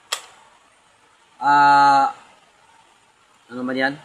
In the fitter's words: yung mag-click siya kasi yan lang po yung ano niya mag-lock na yung